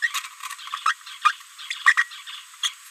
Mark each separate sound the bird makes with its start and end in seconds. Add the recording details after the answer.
0.02-0.09, 0.14-0.19, 0.73-0.75, 0.85-0.95, 1.23-1.32, 1.85-1.93, 1.97-2.03, 2.62-2.71. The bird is a female. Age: 30 days. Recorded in a nest box in Venezuela. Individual 17B73B3